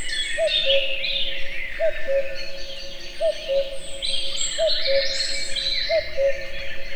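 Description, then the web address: Common cuckoo giving five repeated two-note cu-coo calls, each pair falling in pitch, spaced about one and a half seconds apart, amid busy chirping songbirds. Recorded in nature at Egerturistaház, Hungary, in a forest full of sound. "allathangok termeszetben kakukk sokhanguerdo egerturistahaz"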